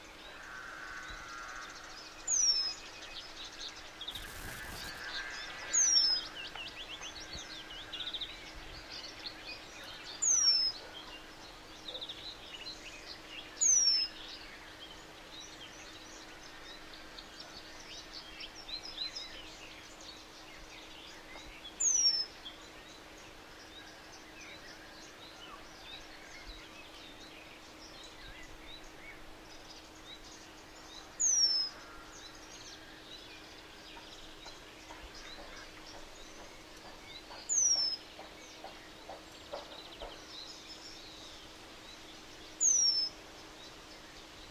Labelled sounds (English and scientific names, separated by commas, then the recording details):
Eurasian Penduline Tit (Remiz pendulinus) call
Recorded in the wild
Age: adult
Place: Schönerlinde, Naturpark Barnim, Brandenburg, DE
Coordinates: 52.6511, 13.4033
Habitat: pond
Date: 1991-06-09 10:18
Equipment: Uher 4000 Report Monitor, Sennheiser ME 80, K 30 AV, Original
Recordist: Frommolt, Karl-Heinz